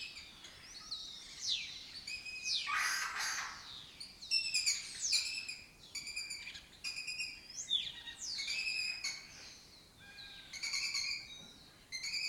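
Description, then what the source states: Lesser kestrel calls: short bursts of grating, repeated chatter notes, mixed with sliding chirps and a brief rush of noise. Colony occupying an abandoned building complex in Doñana, a southern European breeding area; migratory raptor that forages in West Africa.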